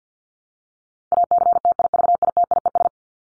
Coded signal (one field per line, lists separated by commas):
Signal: Morse code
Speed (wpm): 50 wpm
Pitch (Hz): 700 Hz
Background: none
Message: ACTIVITIES